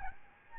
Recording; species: mosquito wingbeat signal from an infrared sensor; Aedes albopictus